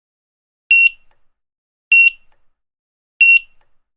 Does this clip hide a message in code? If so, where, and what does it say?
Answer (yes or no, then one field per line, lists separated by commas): no